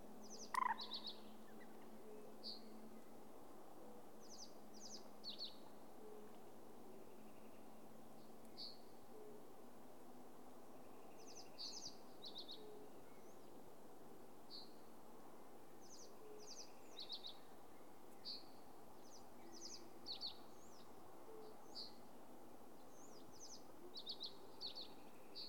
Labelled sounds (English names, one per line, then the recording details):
Fire-Bellied Toad call
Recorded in the wild
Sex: male
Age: adult
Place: Bernau bei Berlin, Barnim, Brandenburg, DE
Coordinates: 52.6658, 13.6145
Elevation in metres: 77
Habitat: pond
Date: 2019-04-30 20:28
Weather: 15°C, clear, almost windless
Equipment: Zoom H4nSP
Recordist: Frommolt, Karl-Heinz